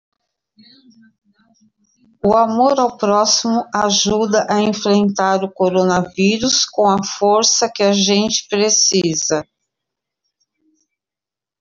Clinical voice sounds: spoken sentence; Brazilian Portuguese; female; 50 to 59 years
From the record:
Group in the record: control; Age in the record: 59 years

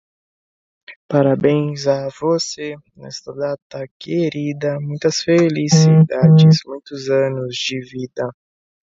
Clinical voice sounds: short text; Brazilian Portuguese; male; 20 to 29 years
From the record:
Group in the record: control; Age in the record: 22 years

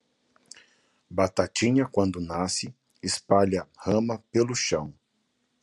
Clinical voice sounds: short text; Brazilian Portuguese; male; 30 to 39 years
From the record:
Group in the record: control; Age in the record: 38 years

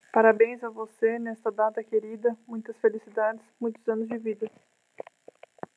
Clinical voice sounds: short text; Brazilian Portuguese; female; 20 to 29 years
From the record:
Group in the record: control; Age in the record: 27 years

